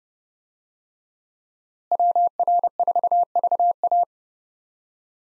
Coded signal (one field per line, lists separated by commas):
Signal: Morse code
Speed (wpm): 32 wpm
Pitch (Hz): 700 Hz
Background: none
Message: WR4VA